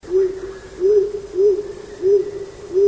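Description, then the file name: Stock dove cooing: a low, hollow, arched note repeated steadily about every 0.6 seconds, five notes in three seconds, over faint background hiss. "columba oenas"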